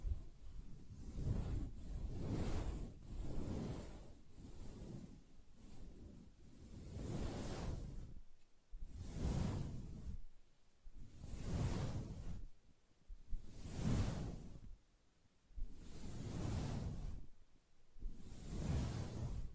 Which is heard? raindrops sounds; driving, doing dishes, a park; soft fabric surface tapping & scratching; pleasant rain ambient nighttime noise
soft fabric surface tapping & scratching